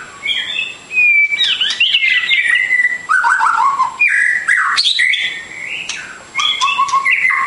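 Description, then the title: Bird song, a rich string of clear whistles, falling slurs and chattering notes that changes with almost every phrase. Complete masteran birdsong for training. "Kicau Burung Masteran Lengkap"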